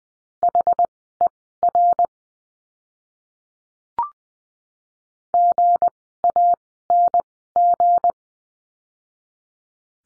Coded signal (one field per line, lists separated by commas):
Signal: Morse code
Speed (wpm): 20 wpm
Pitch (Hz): 700 Hz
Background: none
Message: HER GANG